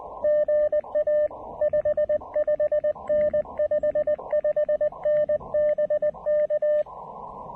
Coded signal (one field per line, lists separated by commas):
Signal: Morse code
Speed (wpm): 19 wpm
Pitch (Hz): 590 Hz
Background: radio noise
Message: GA 55N 55N BK